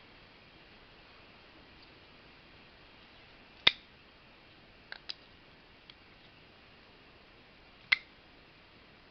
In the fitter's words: You can hear it locking up.